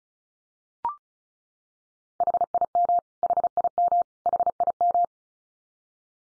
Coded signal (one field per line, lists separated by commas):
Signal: Morse code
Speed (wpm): 34 wpm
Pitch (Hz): 700 Hz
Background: none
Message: HIM HIM HIM